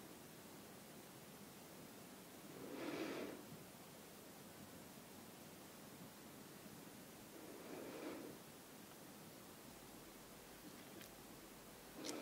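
Soft, steady hiss of a brush moving over a face fills the clip. Two slow, breathy swells rise out of it, around the third and eighth seconds, sounding like quiet whispers. Near the end come a couple of faint clicks.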